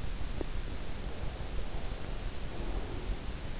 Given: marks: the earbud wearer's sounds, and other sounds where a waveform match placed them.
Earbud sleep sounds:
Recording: sounds in sleep by an in-ear microphone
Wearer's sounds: breath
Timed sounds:
0.94-3.52 s: breath

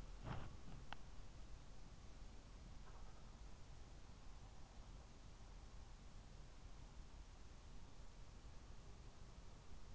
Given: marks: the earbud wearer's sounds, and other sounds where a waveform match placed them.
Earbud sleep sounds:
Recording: sounds in sleep by an in-ear microphone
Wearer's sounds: body movement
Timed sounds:
0.00-1.80 s: body movement

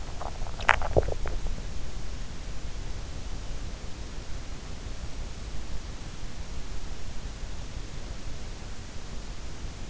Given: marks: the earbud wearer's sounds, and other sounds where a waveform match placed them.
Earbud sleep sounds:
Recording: sounds in sleep by an in-ear microphone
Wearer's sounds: teeth grinding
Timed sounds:
0.00-1.51 s: teeth grinding

